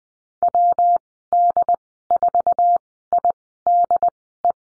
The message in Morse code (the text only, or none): WD4IDE